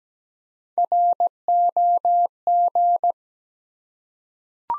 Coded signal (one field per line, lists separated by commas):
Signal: Morse code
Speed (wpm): 17 wpm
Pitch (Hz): 700 Hz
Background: none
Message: ROG